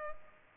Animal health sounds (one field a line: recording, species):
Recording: mosquito wingbeat signal from an infrared sensor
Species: Culex pipiens